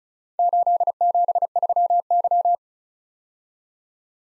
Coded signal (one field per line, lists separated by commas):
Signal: Morse code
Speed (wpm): 36 wpm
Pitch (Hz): 700 Hz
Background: none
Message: 873Y